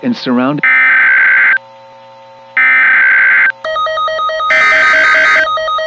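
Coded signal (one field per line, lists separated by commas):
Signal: Emergency Alert System (SAME) tones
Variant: header bursts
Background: speech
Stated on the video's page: Simulated emergency alert scenario, not a real broadcast.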